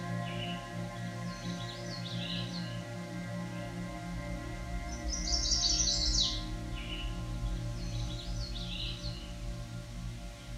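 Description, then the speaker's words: Chestnut-sided Warbler song, high phrases heard three times, the middle one loudest, over a steady low hum. Song rendered 'Pleased, pleased, pleased to meet you.'. "their song can be described as sounding like, "Pleased, pleased, pleased to meet you.""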